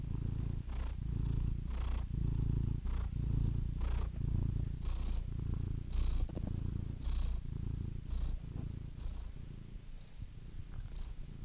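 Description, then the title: Domestic cat purring with a deep continuous rumble in regular breath cycles, a faint snuffly hiss at each breath change. "The Ultimate Compilation of Adorable Cat Meows 🐱😺 #CatMeows #CuteKittens"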